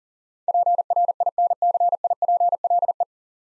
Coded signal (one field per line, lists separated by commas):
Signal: Morse code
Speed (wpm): 43 wpm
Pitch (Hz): 700 Hz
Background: none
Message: PRINCIPLE